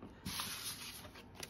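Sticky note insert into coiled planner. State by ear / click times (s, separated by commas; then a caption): not seated / none. A sticky note holder insert is handled and pushed toward a coiled 7x9 LifePlanner, just before the sticker pages, with a broad rustling, rubbing sound that swells from about 0.25 s. A small, sharp tick near 1.4 s stands out, but the clip ends just before the insert goes home, so nothing has seated or clicked yet.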